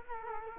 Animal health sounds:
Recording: mosquito wingbeat signal from an infrared sensor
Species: Culex quinquefasciatus

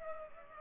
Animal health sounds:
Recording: mosquito wingbeat signal from an infrared sensor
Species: Culex pipiens

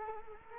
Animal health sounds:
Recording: mosquito wingbeat signal from an infrared sensor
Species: Culex quinquefasciatus

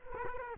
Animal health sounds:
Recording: mosquito wingbeat signal from an infrared sensor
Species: Culex quinquefasciatus

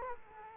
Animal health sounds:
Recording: mosquito wingbeat signal from an infrared sensor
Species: Culex quinquefasciatus

